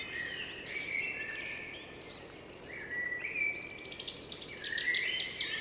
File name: Blackbird